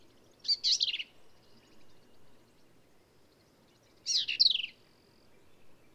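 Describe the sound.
Black-capped vireo giving two brief scratchy phrases of tumbling high notes, about three and a half seconds apart, with quiet gaps between.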